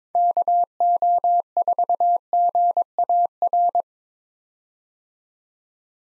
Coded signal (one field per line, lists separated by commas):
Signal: Morse code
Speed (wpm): 22 wpm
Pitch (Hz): 700 Hz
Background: none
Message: KO4GAR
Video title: 2023 POTA Activator Call Signs - 22wpm